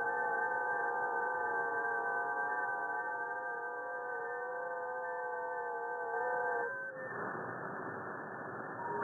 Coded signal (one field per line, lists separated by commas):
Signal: FT8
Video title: SDR Raspberry Pi 4 Gqrx LNA Tutorial